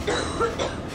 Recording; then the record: coughing mixed with background sound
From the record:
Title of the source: female coughing - coughing sound effects girl